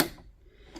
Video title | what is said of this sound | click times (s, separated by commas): Brothers sewing machine LX3817 full stitch tutorial. Supply kit and its uses . Changing needle. | when you hear the click noise it means it is on its place now you can see it's moving up and down | 0.0 s